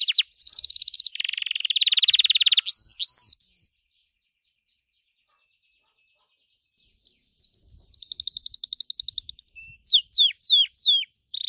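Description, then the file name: Gloster canary song: loud rattling trills and buzzy rolls, a pause of several seconds, then repeated notes, a long trill and sweeping whistles. "canto do canario gloster"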